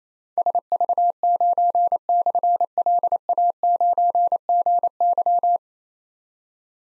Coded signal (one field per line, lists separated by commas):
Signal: Morse code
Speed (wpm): 27 wpm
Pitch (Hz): 700 Hz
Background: none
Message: SV9/LA9GY